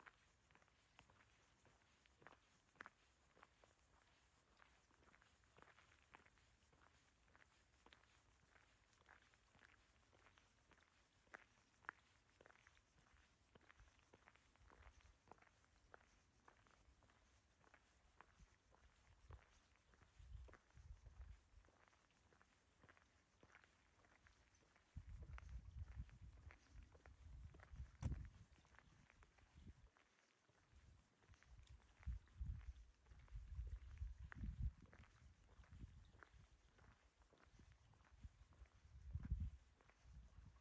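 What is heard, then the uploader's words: Footsteps crunch steadily along an old dirt road toward the ocean, a fast, regular stream of short scuffs and crackles. From about 25 seconds the low rumble grows heavier and uneven, with thumps and gusts, and a brief gap of near silence around 30 seconds. We’re headed down the old dirt road that leads to the ocean.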